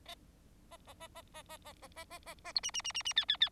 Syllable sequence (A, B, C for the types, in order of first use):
A A A A A A A A A A A A B C C C C C D D D